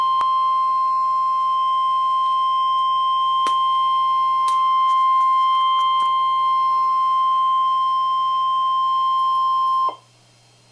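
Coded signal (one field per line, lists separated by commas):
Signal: Emergency Alert System (SAME) tones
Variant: 1050 Hz attention tone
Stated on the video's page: NOAA Weather Radio severe thunderstorm warning from the Amarillo, Texas transmitter on 162.550 MHz, recorded online.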